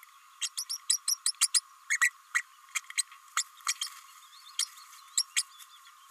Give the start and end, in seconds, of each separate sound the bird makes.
0.41-0.48, 0.57-0.64, 0.69-0.77, 0.89-0.99, 1.08-1.17, 1.26-1.32, 1.41-1.47, 1.54-1.60, 2.01-2.10, 2.34-2.42, 2.75-2.80, 2.97-3.03, 3.36-3.43, 3.68-3.73, 3.81-3.88, 4.59-4.65, 5.17-5.25, 5.36-5.42